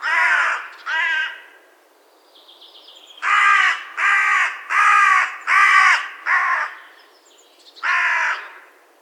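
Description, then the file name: Carrion crow calling: two harsh caws, a short pause, then a quick run of five hoarse caws and one final caw after a brief gap. "Corvus corone"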